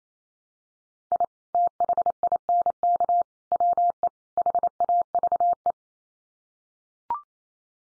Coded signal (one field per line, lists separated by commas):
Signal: Morse code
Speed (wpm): 28 wpm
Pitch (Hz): 700 Hz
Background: none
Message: I THINK WE HAVE